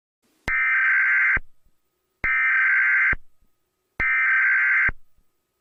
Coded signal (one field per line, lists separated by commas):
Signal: Emergency Alert System (SAME) tones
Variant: header bursts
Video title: EAS Scenario #11 - [EAS Scenario/Analog Horror] - The SCP Uprising